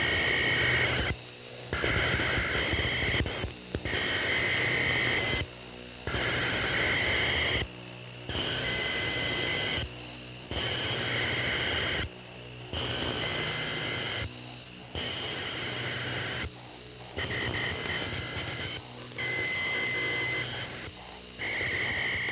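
Electronic crickets: a dense, buzzing chorus that chops on and off in regular bursts of about a second or two, with brief near-silent gaps between them. Bright whining tones run through each burst over a rough, hissy low rumble.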